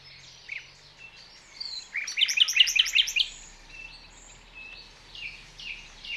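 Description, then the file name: Common nightingale song, a loud burst of quickly repeated sharp notes in the middle, surrounded by softer chirping. "Luscinia megarhynchos"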